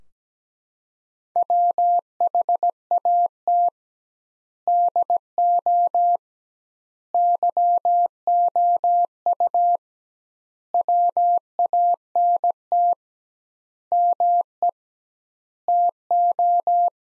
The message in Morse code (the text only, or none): WHAT DO YOU WANT ME TO